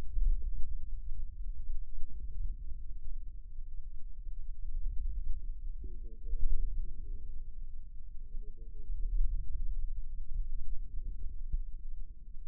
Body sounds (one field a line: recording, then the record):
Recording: forearm muscle sounds (acoustic myography)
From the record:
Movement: wrist flexion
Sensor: system 2, bracelet of six BSWA MPA416 microphones around the upper forearm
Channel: 1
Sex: male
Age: 22 years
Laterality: right